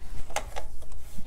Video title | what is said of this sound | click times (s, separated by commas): How to Set up and Use Your Sewing Machine | now you have something that's nice and clean you slide the cover back on it just snaps in place and you're | 0.4 s